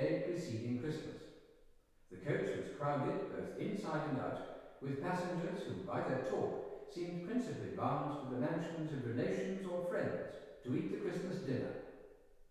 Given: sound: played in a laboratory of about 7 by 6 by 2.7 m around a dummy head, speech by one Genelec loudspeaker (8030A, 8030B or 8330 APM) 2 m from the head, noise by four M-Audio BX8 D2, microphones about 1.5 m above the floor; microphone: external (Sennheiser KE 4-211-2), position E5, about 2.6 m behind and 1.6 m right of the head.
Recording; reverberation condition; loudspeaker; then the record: male speech in English; high; 90 degrees to the right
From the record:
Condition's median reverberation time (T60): about 1300 ms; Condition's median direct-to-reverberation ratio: about -4.0 dB